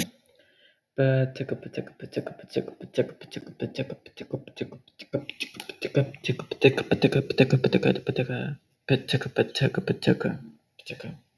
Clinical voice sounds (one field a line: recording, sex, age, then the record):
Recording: repeated syllables /pa ta ka/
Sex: male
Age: 20 to 29 years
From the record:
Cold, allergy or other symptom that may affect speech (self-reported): no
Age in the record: 23 years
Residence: California, United States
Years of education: 12